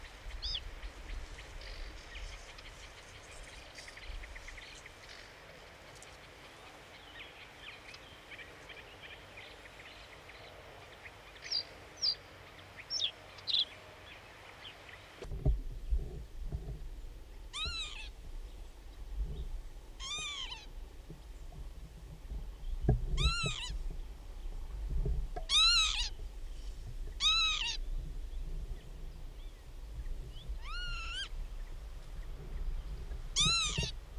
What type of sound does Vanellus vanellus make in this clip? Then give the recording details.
call. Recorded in the wild. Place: Rietberg, Nordrhein-Westfalen, DE. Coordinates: 52.8, 8.43333. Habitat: pond. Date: 1970-06-28. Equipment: Uher 4000 Report-S, Bändchenmikro Beyer M 260, Parabolspiegel Polyester (470 mm). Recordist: Conrads, Klaus